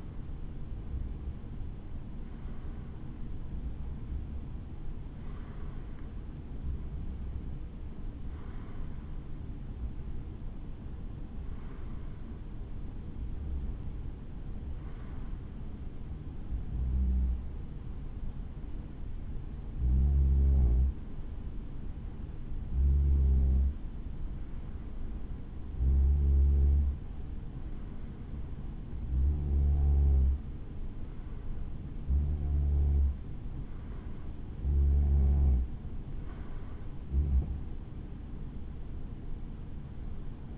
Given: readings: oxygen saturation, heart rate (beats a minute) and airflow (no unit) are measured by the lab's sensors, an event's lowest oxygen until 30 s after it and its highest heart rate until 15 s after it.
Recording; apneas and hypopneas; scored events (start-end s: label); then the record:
breathing in sleep by a smartphone at the bedside; 1
12.00-40.58 s: new sleep stage, N2 (light sleep)
15.00-35.20 s: hypopnea (N2, oxygen 94% highest, then 90% lowest, heart rate 64 at the start, 79 highest)
From the record:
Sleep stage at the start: N1 (lightest sleep); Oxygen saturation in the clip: 91 to 94%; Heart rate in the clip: 64 to 70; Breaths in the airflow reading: 14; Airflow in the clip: -6.7 to 7.0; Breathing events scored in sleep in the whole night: 216 in 7.0 hours asleep